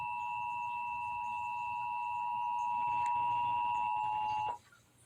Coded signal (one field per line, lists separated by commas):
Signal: Emergency Alert System (SAME) tones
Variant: 853 and 960 Hz attention tone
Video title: EAS #421: Tornado Warning - Indiana (3/15/2022) (AT&T)